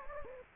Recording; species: mosquito wingbeat signal from an infrared sensor; Anopheles gambiae